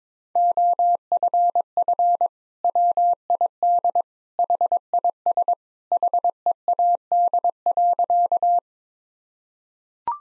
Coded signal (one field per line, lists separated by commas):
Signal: Morse code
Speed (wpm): 22 wpm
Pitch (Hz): 700 Hz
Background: none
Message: OFF WID HIS HEAD.